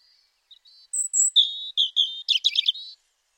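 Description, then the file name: European robin song: soft introductory notes, then clear high whistles at varying pitches, ending in a quick jumbled twitter. "Erithacus rubecula"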